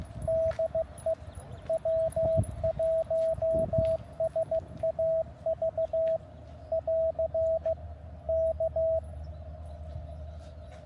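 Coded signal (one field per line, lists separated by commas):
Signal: Morse code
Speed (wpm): 15 wpm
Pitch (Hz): 650 Hz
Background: radio noise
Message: DE W1SAV <AR> K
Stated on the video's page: CW park activation on 15, 10, 12, 17 and 20 m; noise floor S1-2, most contacts weak.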